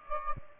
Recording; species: mosquito wingbeat signal from an infrared sensor; Aedes aegypti